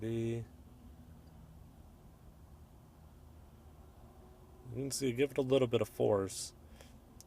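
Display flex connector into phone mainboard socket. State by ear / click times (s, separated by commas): seated / 7.2 s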